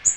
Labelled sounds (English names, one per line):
Magnolia Warbler flight call